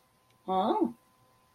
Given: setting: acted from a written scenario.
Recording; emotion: vocal sound without words; positive surprise